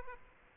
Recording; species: mosquito wingbeat signal from an infrared sensor; Aedes aegypti